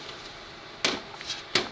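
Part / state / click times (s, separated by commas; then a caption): motherboard into PC case shell / seated / 0.8 s, 1.6 s. An EVGA P55 motherboard is pressed into the shell of an Alienware computer case. Over a quiet background, two sharp snaps ring out at 0.9 s and 1.6 s, with fainter ticks between and after them. The board snaps into place and is seated.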